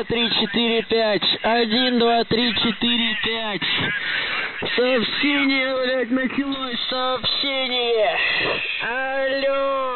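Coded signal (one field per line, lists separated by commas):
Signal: coded military voice message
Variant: UVB-76, Russian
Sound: man's voice reading Russian spelling-alphabet names and numbers, repeated twice, then counting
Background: radio static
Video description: Transcript: НЖТИ 85132 КУЛИЧИК 1999 1321 NZhTI 85132 KULIChIK 1999 1321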